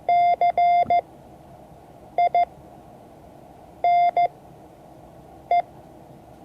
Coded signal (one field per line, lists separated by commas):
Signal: Morse code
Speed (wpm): 15 wpm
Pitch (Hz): 700 Hz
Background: none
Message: CINE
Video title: Morse code class 2024-07-21 (1 of 12)